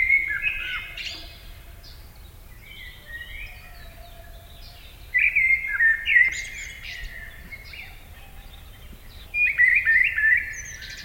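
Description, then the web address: Eurasian blackbird song of several separate fluting strophes with high scratchy endings, quiet gaps between, faint other bird notes and steady low background noise. Recorded in summer. "Yle. Luontovuosi kesa mustarastas"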